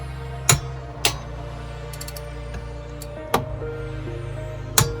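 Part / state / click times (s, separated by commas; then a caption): torque wrench on caravan wheel nut / torque reached / 0.5 s, 1.1 s, 3.3 s, 4.8 s. A torque wrench tightens caravan wheel nuts in a crisscross pattern, clicking at the set torque at about 0.5, 1.1, 3.3 and 4.8 seconds. Background music plays throughout, and two faint ticks are heard near 2.0 and 2.2 seconds.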